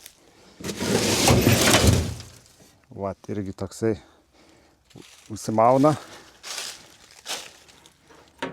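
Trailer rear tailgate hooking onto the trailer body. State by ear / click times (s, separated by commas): seated / 8.4 s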